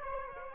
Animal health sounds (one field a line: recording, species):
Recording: mosquito wingbeat signal from an infrared sensor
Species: Aedes aegypti